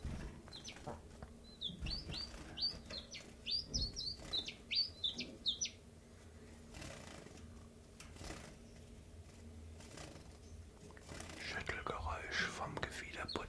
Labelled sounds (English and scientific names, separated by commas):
Common Chiffchaff (Phylloscopus collybita)